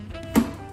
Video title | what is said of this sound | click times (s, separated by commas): Robot Coupe industrial food processor demo | the main contraption you want to twist it left again You'll hear another click and pull up | 0.4 s